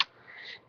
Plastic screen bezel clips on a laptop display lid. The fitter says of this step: upward and outward and listen for snapping sounds and